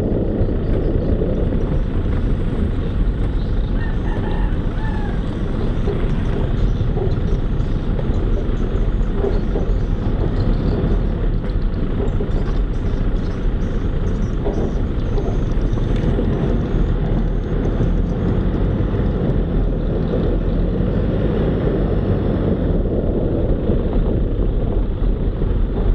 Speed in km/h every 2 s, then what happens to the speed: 17, 11, 10, 7, 8, 9, 9, 11, 11, 16, 20, 18, 16.
0-6 slows to 7. 6-16 steady at about 9. 16-19 speeds up to 20. 19-26 steady at about 18.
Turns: none.